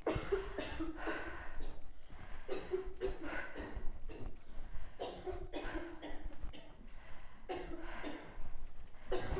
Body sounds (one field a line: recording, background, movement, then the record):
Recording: deep breathing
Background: a bystander coughing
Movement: walking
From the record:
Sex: female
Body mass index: 22.6 kg/m2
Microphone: on the chest, facing outward